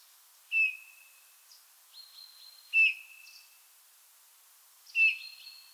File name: Pyrrhula pyrrhula